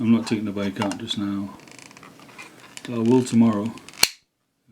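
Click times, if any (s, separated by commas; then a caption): 4.0 s. Someone talks while a Vivitar DVR 794HD action camera is pushed into its plastic case or housing. A few faint ticks come around 1.8–2.0 seconds, then one loud, sharp snap at 4.0 seconds as the camera seats in the case.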